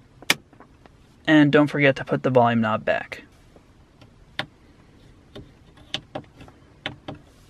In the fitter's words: And push it right here until you hear it click.